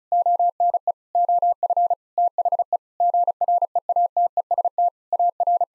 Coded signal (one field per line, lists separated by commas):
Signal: Morse code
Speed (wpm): 36 wpm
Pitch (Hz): 700 Hz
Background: none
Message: ONE OF THE GREATEST AR